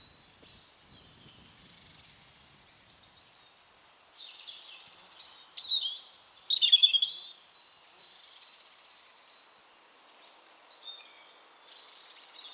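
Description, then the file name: European robin song in short high phrases separated by pauses, with thin whistles and twittering notes, the loudest stretch coming midway, over a quiet background hiss. "Erithacus rubecula"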